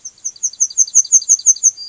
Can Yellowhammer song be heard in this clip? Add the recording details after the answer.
yes. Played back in grassland. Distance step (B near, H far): C. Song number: 005